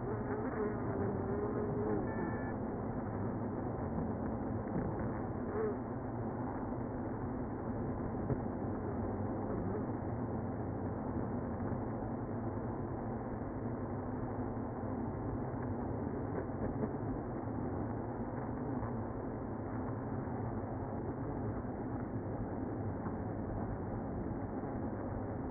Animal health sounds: honeybee colony, microphone inside the hive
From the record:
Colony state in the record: queenless (queen removed); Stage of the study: after two queens were removed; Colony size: about 60,000 bees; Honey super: yes

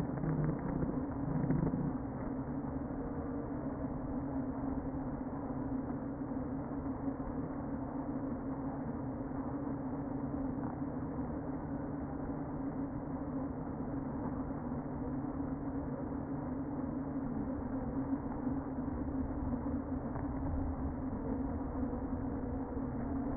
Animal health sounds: honeybee colony, microphone inside the hive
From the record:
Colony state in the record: queen present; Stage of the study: before two queens were removed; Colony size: about 60,000 bees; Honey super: yes

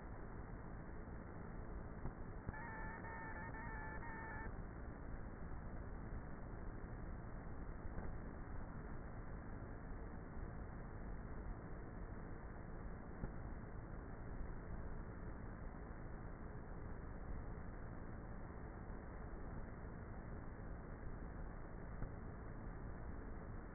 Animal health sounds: honeybee colony, microphone inside the hive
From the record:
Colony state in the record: queenless with a low population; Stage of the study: before two queens were removed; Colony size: about 30,000 bees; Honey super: no

